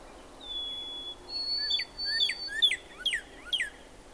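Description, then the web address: Northern cardinal song: long level whistles, then several crisp downslurred notes at a brisk pace. "birdsongforthecurious Northern Cardinal"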